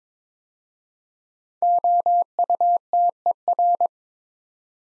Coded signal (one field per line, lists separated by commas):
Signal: Morse code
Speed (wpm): 22 wpm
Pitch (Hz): 700 Hz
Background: none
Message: OUTER